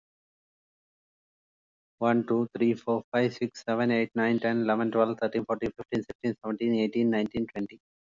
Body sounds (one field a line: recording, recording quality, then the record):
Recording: counting at a fast pace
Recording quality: excellent, no background noise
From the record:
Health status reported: exposed to COVID-19, no respiratory illness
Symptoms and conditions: none ticked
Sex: male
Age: 45 years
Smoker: not ticked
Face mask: not worn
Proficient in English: yes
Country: India